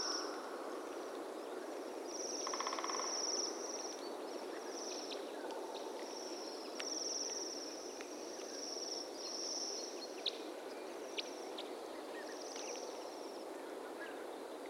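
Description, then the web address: Bohemian waxwings giving high, thin trilled sirrr calls repeated throughout, with a few lower pulsed notes near the start and steady background hiss. "sound Bohemian-waxwing. صدای-پرنده-بال-لاکی-بوهمی"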